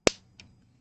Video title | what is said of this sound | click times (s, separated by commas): Revell VW T2 Camper model Build Part 2 | you can hear these little clicks | 0.1 s